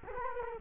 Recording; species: mosquito wingbeat signal from an infrared sensor; Culex quinquefasciatus